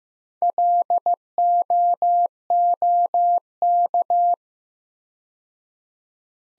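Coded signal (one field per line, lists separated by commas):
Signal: Morse code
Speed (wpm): 15 wpm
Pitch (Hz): 700 Hz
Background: none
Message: LOOK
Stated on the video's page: Morse practice at 15 wpm, sentences from top 100 words sent with 4x word spacing, a Farnsworth-like method for head-copying.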